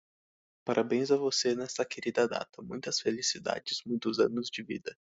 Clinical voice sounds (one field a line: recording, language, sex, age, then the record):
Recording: short text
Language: Brazilian Portuguese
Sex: male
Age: 20 to 29 years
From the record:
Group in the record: control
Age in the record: 22 years